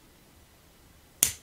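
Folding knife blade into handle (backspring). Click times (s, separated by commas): 1.2 s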